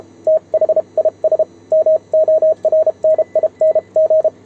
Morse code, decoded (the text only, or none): THIS MORNING